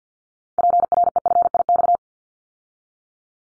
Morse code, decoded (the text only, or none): PREFIX